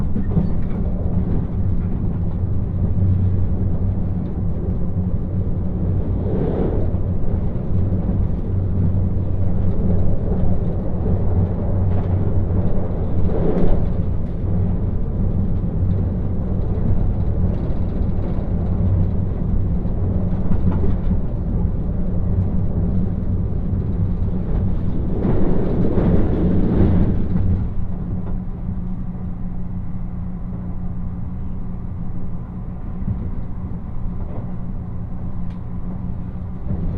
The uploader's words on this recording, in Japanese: 西九州新幹線 長崎→佐賀。西九州新幹線の全線通し、全駅停車の列車に乗って佐賀まで向かいます。開業翌日ということもあり、指定席は満席。